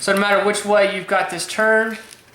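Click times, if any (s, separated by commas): none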